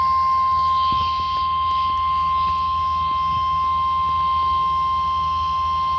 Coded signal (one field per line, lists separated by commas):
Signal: Emergency Alert System (SAME) tones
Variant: 1050 Hz attention tone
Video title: THE WAKEFIELD, STERLING, & MT. HOLLY BEACH BASH! EAS Alerts from 7/12/22 (EAS #1,058-1,079)